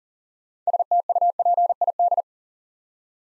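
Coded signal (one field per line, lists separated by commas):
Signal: Morse code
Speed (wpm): 42 wpm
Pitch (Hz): 700 Hz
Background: none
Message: STUPID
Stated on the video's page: Morse Code Ninja drill at 40 wpm building 6-letter words two letters at a time for instant character recognition.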